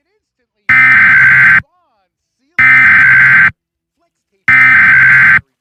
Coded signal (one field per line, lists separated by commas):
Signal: Emergency Alert System (SAME) tones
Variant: header bursts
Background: speech